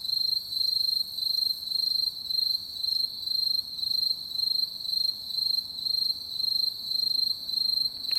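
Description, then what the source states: Aomatsumushi tree cricket singing, high metallic chirps pulsing in a steady rhythm. Recorded 2 October 2019.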